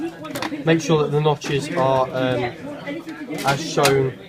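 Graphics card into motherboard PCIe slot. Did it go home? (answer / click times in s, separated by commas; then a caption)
no / none. A graphics card is handled and lined up with the notches of a motherboard PCIe slot while someone talks. Nothing has seated or clicked yet.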